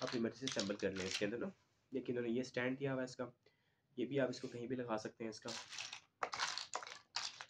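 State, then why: Not seated. Someone talks while handling a plastic stand from a painting bag toy, about to fit it into the toy painting set. A few small plastic knocks are heard near the end. The stand has not clicked into place yet.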